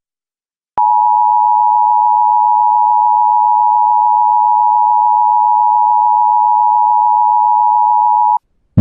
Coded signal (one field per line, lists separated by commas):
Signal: Emergency Alert System (SAME) tones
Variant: 853 and 960 Hz attention tone